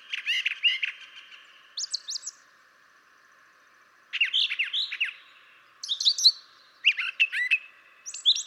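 Brown Thrasher singing in separate bursts of varied, sweeping high notes, with a long pause midway before further jumbled phrases resume.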